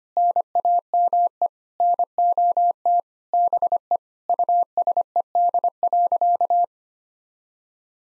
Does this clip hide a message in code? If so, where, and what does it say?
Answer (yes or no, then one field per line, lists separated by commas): yes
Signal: Morse code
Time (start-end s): 0.2-6.6 s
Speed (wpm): 25 wpm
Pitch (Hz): 700 Hz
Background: none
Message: NAME NOT BE USED.